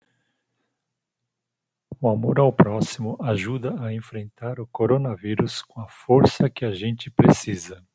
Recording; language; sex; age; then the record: spoken sentence; Brazilian Portuguese; male; 50 to 59 years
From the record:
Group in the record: control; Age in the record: 55 years